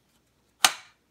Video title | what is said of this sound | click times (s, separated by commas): Tavor Podium install | until it snaps into place | 0.6 s